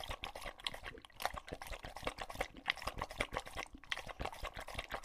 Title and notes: English Bulldog Drinks from Water Bowl - Weird Sounds. listen to Lucho the English Bulldog as he tries to drink water after a long walk. Don't let his heavy breathing fool you in between drinks, he's equally out of breath from the walk